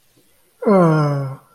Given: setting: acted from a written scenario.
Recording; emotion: vocal sound without words; adoration